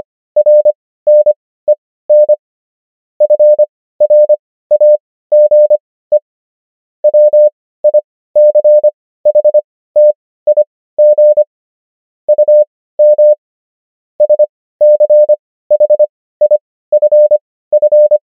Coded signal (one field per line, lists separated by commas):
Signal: Morse code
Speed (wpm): 25 wpm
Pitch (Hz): 600 Hz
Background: none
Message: RNEN FRAGE WICHTIG UM SCHIFF